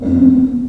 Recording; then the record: squeal of a Yucatan mini pig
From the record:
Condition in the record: after surgery on the right vocal fold (resection and tissue-engineered implant); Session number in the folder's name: 5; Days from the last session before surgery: 33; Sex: female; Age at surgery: 19 weeks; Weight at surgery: 25 kg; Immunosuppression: prednisolone